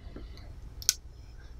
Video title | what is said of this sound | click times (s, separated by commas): Empire Syx Servicing Your Bolt | snapped on there so that's how we're gonna do our bolt assembly there | 0.9 s